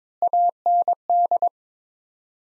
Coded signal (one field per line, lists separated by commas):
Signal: Morse code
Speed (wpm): 22 wpm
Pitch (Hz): 700 Hz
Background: none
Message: AND